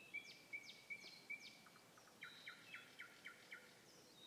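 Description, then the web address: Nightingale repeating a bright whistled note four times, then a fast series of loud pulsed notes. Song recorded 21 May 2016. "slowik-spiew-slowika-21-maja-2016-r"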